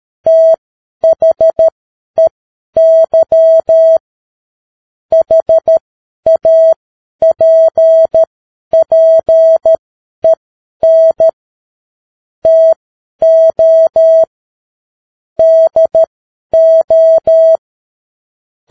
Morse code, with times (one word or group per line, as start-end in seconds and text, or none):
0.3-4.0 THEY
5.1-11.3 HAPPEN
12.5-14.2 TO
15.4-17.6 DO